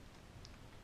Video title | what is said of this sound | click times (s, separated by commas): iSavi Out of the Box and Quick Start Guide | press the sim down until it clicks into place | 0.4 s